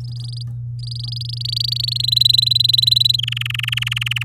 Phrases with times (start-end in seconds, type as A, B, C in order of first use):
0.00-0.43 A, 0.79-2.02 A, 2.03-3.16 B, 3.18-4.23 C